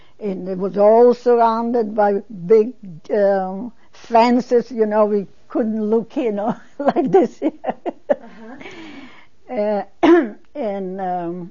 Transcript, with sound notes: And it was all surrounded by big, uh, fences, you know, we couldn't look in. (She laughs.) Like this.
Uh-huh. Uh-huh.
And, uh,